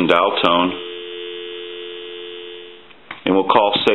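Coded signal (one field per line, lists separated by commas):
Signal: telephone call progress tone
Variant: North America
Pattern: dial tone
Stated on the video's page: Tone from a vintage 3-slot 233G payphone during repair and conversion.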